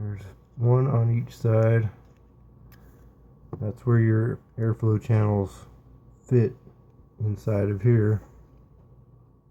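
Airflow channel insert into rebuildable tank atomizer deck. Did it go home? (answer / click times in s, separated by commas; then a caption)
no / none. Someone talks while lining up the metal airflow channel insert of a Sigelei Moonshot RTA 22mm rebuildable tank atomizer to press it into the deck. Only speech and quiet handling are heard, and nothing has seated or clicked yet.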